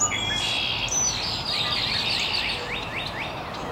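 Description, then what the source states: Birds chirping, a run of quick downward-sweeping high notes repeated in a series, with other twittering birds and constant background hiss. Chirping very early in the morning in an estuary.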